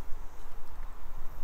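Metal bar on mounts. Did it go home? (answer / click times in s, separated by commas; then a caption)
no / none. A sissy bar is set onto the quick-release mounts of a Triumph Rocket 3 Touring motorcycle and lined up on both sides before being pushed home. Steady broadband noise is heard with soft, irregular low thumps and shuffling from the handling, and no sharp transients. Nothing has seated or clicked yet.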